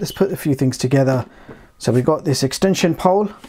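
A plastic extension pole is handled ahead of being attached to a cordless vacuum cleaner body while someone talks, with a short pause in the talking partway through. Nothing has seated or clicked into place yet by the end of the clip.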